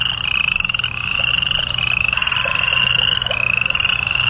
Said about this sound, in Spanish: Ahí se puso a oír los ruidos de la noche. El canto de las ranas y de los grillos.